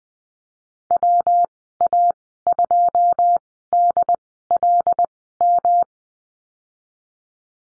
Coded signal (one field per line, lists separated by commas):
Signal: Morse code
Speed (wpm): 20 wpm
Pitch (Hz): 700 Hz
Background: none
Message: WA2DLM